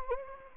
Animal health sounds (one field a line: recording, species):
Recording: mosquito wingbeat signal from an infrared sensor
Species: Anopheles gambiae